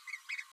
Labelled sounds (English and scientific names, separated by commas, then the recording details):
Green-rumped Parrotlet (Forpus passerinus) babbling
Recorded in a nest box in Venezuela
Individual 18B12A3